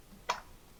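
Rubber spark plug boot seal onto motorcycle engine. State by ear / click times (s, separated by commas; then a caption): seated / 0.3 s. The rubber seal of a spark plug boot on a motorcycle engine is lined up and pressed down until it seats onto the spark plug; the seal is designed to keep the boot from grounding out on the engine's metal components. A single short, sharp click is heard at 0.3 s against a quiet background, and the boot is seated.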